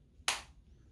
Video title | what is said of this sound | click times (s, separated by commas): Cast Spreaders, Spacers & Wedges/ Univalve & Bivalve Casts | and you wedge it in there it's not a big deal it's pretty easy you just kind of until you hear the click | 0.3 s